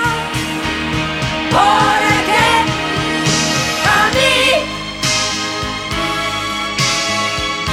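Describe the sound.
A Spanish pop song plays steadily, a woman's voice singing a melodic line over full instrumental backing with a regular beat, held at a fairly loud, even level throughout.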